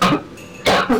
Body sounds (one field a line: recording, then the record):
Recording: coughing mixed with background sound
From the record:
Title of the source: Barking cough - # 10